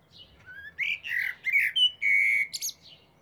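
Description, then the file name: Eurasian blackbird singing a mellow fluted warble of low whistled notes, ending in a rapid high squeaky twitter. "Turdus merula"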